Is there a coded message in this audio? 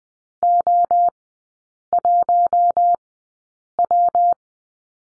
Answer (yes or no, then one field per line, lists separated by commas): yes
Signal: Morse code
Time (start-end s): 0.4-4.3 s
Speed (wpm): 20 wpm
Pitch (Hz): 700 Hz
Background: none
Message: O1W